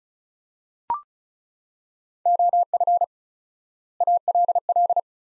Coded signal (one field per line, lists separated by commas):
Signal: Morse code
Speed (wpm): 34 wpm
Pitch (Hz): 700 Hz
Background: none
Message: OF ALL